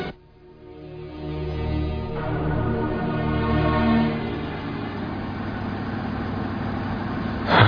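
car engine driving off

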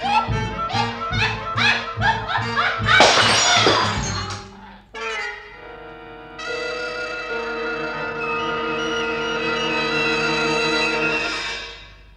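glass bottle shattering

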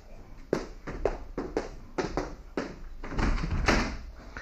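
door being closed

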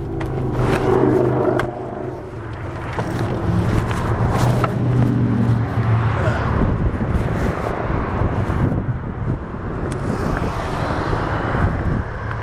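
car engine running

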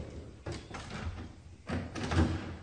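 front door being opened

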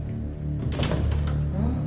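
knocking

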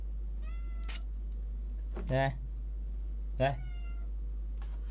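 cat meowing

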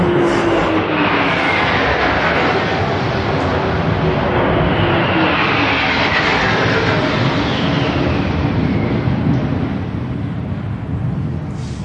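airplane flying overhead

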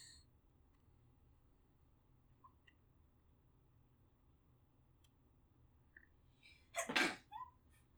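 sneeze

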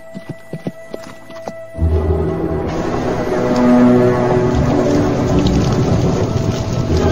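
horse hooves galloping

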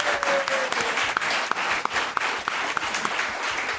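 applause sound effect

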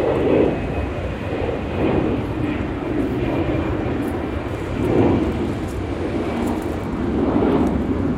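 airplane flying low overhead

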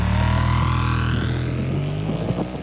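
motorcycle engine driving away

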